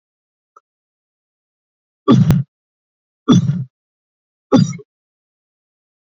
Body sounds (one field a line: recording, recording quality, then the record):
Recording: heavy voluntary cough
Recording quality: excellent, no background noise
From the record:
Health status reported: healthy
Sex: male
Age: 30 years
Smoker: no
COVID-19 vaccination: one dose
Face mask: not worn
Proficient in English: yes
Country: India